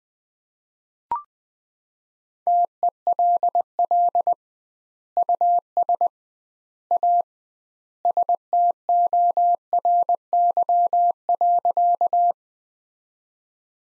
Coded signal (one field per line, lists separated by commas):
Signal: Morse code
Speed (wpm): 21 wpm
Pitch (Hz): 700 Hz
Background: none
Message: TELL US A STORY.